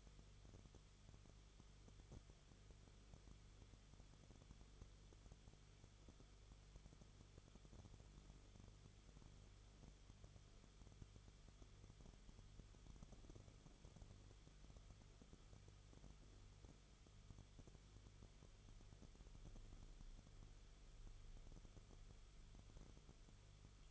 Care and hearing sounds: daily activity, microphone in the room; no activity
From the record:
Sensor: 4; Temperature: 22.9 degrees Celsius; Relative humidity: 34.5%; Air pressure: 1011.5 hPa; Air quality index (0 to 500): 193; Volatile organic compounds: 13 ppm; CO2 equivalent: 2386 ppm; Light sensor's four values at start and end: 2/3/1/1 and 2/3/1/1

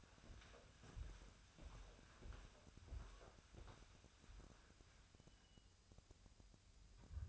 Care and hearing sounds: daily activity, microphone in the room; walk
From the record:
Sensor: 2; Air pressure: 1015.2 hPa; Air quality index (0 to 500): 122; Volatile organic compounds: 4 ppm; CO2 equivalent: 1559 ppm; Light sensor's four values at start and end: 12/34/13/15 and 12/33/13/14

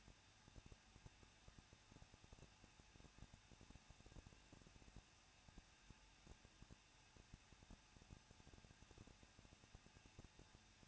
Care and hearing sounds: daily activity, microphone in the room; no activity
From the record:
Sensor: 2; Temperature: 21.0 degrees Celsius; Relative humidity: 37.3%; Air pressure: 1006.4 hPa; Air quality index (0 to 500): 220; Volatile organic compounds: 23 ppm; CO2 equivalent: 2778 ppm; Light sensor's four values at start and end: 2/3/2/2 and 2/3/2/2

